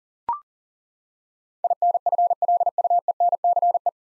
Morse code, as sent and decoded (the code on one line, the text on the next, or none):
.. -. ..-. .-.. ..- . -. -.-. .
INFLUENCE